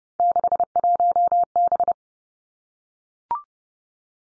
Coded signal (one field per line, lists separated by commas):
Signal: Morse code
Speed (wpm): 30 wpm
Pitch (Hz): 700 Hz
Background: none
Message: 61B